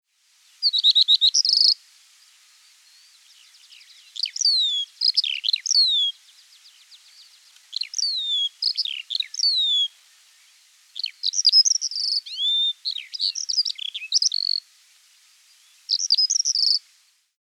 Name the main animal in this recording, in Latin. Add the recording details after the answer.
Galerida cristata. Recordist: Tembrock, Günter. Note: Gesang